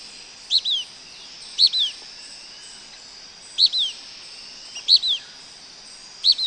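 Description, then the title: Blackish pewee giving paired notes, a bright high chip then a falling slur, repeated irregularly over a continuous high insect drone. Nominate subspecies nigrescens. "LuckyPassaro Completos2Sama. Blackish Pewee (Contopus nigrescens nigrescens)"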